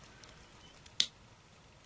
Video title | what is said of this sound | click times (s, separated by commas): Trix 2 6 2 Standard loco | Just heard it click in there on both sides. Yep, that's good. | 1.0 s